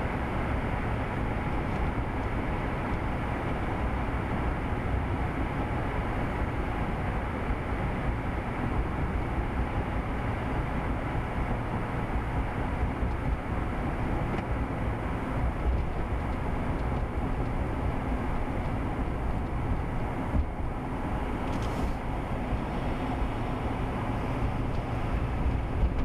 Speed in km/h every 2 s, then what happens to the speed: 69, 68, 68, 66, 66, 64, 63, 60, 60, 56, 55, 56, 56.
0-20 slows to 55. 20-26 steady at about 56.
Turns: none.